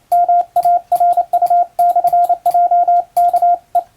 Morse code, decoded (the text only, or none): MARU/JKE